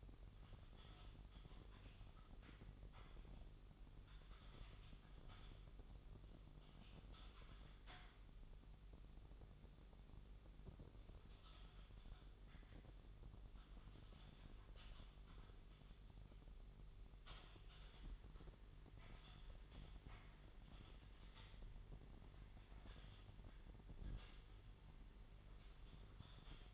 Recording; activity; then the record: daily activity, microphone in the room; typing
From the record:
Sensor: 4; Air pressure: 989.6 hPa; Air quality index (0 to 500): 226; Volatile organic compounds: 87 ppm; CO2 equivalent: 3660 ppm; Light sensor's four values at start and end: 26/91/33/35 and 26/91/33/35